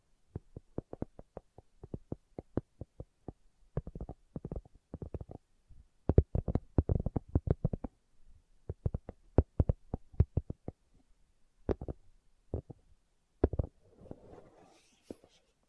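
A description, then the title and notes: Slow tapping in uneven bursts of sharp knocks, with a dense flurry around six to seven seconds and a soft rustle near the end. ASMR Slow Tapping for Deep Sleep (No Talking).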